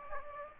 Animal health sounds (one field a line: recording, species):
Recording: mosquito wingbeat signal from an infrared sensor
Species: Aedes aegypti